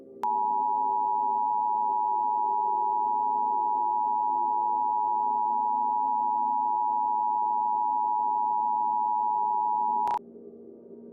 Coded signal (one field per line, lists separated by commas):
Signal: Emergency Alert System (SAME) tones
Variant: 853 and 960 Hz attention tone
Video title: EAS scenario - Las Vegas Enderman invasion (2016) - Part 1